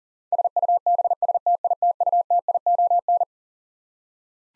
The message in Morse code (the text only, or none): SUBSTITUTION